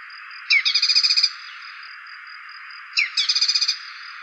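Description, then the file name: Dark-necked tailorbird song: two brisk trills of repeated sharp notes, each led by a falling chip, roughly two and a half seconds apart, with steady insect noise. "cinenen belukar"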